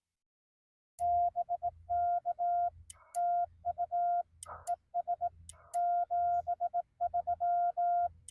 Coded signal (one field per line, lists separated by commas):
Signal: Morse code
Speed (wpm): 18 wpm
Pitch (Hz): 700 Hz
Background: none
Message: BK TU ES 73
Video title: Parks on the Air CW: A Newbie's Live Parks Activation with CW Subtitles for learning